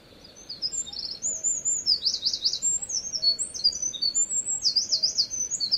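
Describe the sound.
Wren song, a rapid outpouring of very high, tinkling notes and fast buzzy trills, over a faint steady background hiss.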